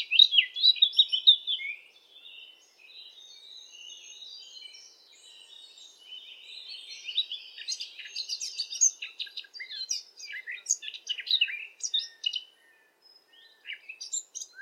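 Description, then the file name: Eurasian blackcap song, opening with loud fluted phrases, then softer scratchy twittering and a burst of sharp, clicking chatter over faint background noise. "zwartkop zang"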